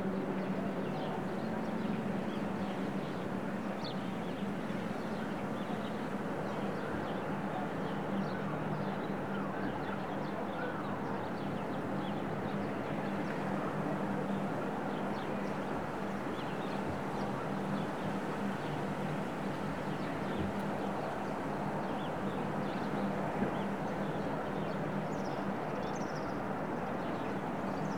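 A daily recording from a studio in the Serra de Collserola natural park, filled with a steady, dense wash of rushing noise like distant traffic, with a low droning hum underneath. Faint, brief high chirps surface around the fourth second and again near the end.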